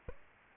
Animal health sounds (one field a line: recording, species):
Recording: mosquito wingbeat signal from an infrared sensor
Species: Aedes albopictus